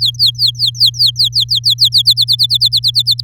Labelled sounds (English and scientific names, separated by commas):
Domestic Canary (Serinus canaria) song